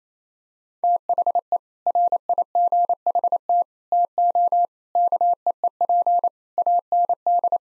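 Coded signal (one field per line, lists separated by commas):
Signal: Morse code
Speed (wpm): 28 wpm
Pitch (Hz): 700 Hz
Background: none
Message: THE RIGHT TO KEEP AND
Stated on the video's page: Head-copy drill of seven-word groups in Morse at 28 wpm, each group sent, then spoken, then sent again.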